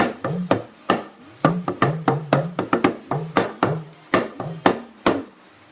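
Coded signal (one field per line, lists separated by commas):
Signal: talking drum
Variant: Yoruba dùndún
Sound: about 20 sharp drum strokes with low pitch rising and falling like speech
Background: small room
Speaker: Lórí ètò lónìí àwa làgbà. Ẹdìyẹ funfun làgbà. Adìrẹ ni.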